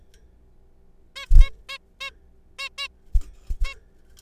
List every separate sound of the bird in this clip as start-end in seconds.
1.16-1.26, 1.41-1.50, 1.69-1.78, 2.01-2.10, 2.59-2.69, 2.78-2.87, 3.65-3.74